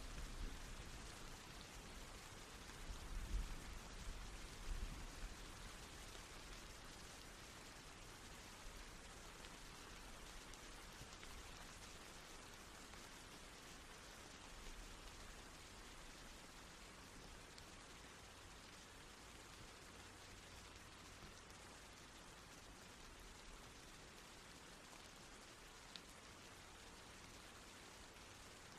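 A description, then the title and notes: Rain falls steadily in a dense, even hiss spread across the whole range, with fine pattering drops on a surface. A couple of low thumps stand out near the start, around three to five seconds, then the shower stays unchanged. Serene Rain Sounds.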